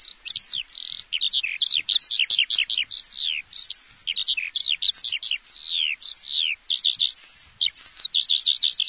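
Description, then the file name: Eurasian skylark singing a fast, continuous warble of chirps, buzzy trills and sweeping whistles, tumbling on without a break over a quiet background. "Alouette des champs"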